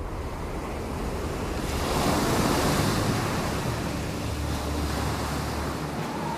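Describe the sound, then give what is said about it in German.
Rough waves churn and crash in a steady roar while strong wind rushes over the water, swelling louder midway and staying dense and unbroken throughout, with no voices. “Ein heftiger Sturm kam auf und schlug hohe Wellen.”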